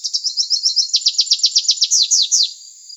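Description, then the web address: Rufous-capped warbler singing a quick high trill of chips that turns into sharper descending notes, ending after about two and a half seconds; a faint steady high whine continues. Arizona. "Other Warblers. deviche"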